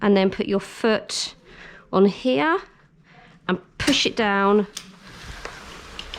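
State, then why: Not seated. Someone talks while a foot presses a Joie Nitro pushchair down into its folded position, with short handling knocks around 3.5, 5.5, 6.0 and 6.1 seconds. The plastic storage clasp that snaps onto the metal frame by itself has not seated or clicked yet when the clip ends.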